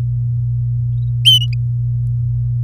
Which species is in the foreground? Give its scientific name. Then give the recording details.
Serinus canaria. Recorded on 4 May 2018 at 09:57. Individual llb16